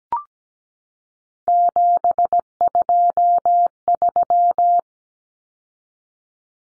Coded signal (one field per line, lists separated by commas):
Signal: Morse code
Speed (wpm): 17 wpm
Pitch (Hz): 700 Hz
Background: none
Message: 723